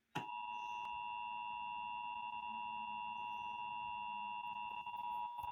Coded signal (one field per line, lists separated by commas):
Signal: Emergency Alert System (SAME) tones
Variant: 853 and 960 Hz attention tone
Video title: EAS Test on a TV